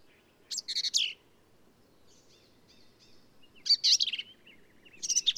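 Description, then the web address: Black-capped vireo singing loud, harsh, squeaky phrases with soft warbling notes between them. "birdsongforthecurious Black-capped Vireo"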